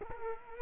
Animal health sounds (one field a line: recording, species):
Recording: mosquito wingbeat signal from an infrared sensor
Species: Culex quinquefasciatus